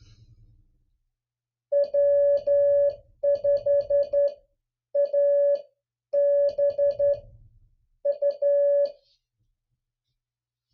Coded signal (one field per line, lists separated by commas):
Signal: Morse code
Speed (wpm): 11 wpm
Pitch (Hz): 570 Hz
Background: music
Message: W5ABU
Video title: MIXED USA AND DX CALL SIGN COPY PRACTICE 10